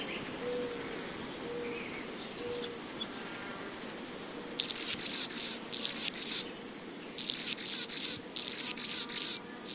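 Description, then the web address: Anna's Hummingbird song: scratchy, buzzy high-pitched phrases in clustered bursts during the second half, over a steady faint hiss, with soft low whistled notes early on. "Songs of Birds of North America Know Your Bird Sounds Common Western Species. Annas Hummingbird"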